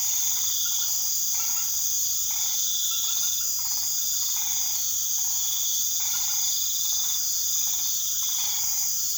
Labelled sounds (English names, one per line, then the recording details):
none
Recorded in pastures near Puerto Asís, Putumayo, Colombia, on 21 March 2025 at 20:00
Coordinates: 0.487, -76.322
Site G077